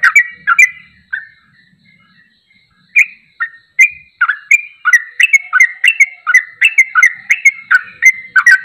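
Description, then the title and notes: Bulbul song: three bubbly notes, a pause, then a brisk series of slurred chirping phrases. Champion bird singing in 'tembakan' style; recording used for training birds. "MASTERAN Trucukan Tembakan. trucuk juara"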